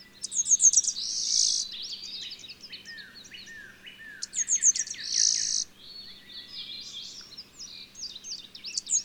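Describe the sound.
Bird song: high chirps and buzzy trills in a busy, overlapping stream, with several softer twittering calls mixed in.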